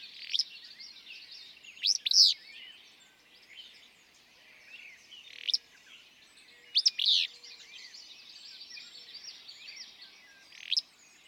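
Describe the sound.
Willow flycatcher song: two sneezy, emphatic two-part phrases with a few shorter notes between, rising above a steady chorus of other birds.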